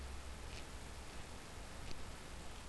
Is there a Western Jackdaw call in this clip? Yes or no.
no